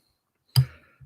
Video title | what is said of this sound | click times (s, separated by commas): Agora Models build the ROUTEMASTER pk1 stage 6 | yeah satisfying click to go into the hull so that's number three | 0.6 s